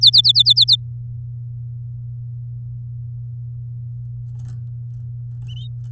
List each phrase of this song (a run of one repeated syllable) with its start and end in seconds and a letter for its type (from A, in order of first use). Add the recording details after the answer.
0.01-0.76 A. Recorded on 9 May 2018 at 10:56. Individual llb16